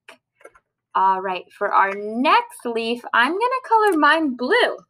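A cap is pushed all the way onto a plastic marker after coloring and snaps on with a sharp click at 0.1 s, seating fully. A couple of faint ticks follow, then someone talks.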